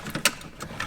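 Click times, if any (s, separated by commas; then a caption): 0.2 s. A metal bus bar is pushed down onto a car battery and over its terminal stud until it snaps into place. A sharp, loud snap is heard at 0.3 s, surrounded by fainter clicks and handling noises. The bus bar is seated on the stud.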